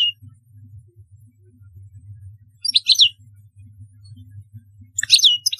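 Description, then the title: European goldfinch twitter: two short bursts of sharp, descending chirps a couple of seconds apart, with a soft low hum in between. "Chant Chardonneret"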